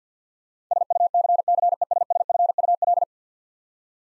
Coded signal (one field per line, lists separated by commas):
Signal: Morse code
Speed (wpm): 50 wpm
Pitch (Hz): 700 Hz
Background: none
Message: SUCCESSFUL